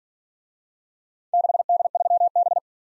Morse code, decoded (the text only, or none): 6D3B